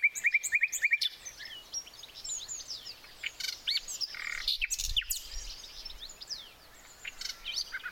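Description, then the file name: Common nightingale song beginning with a burst of rapidly repeated loud notes, followed by a dense background chorus of other birds and a soft low thump. "Luscinia megarhynchos"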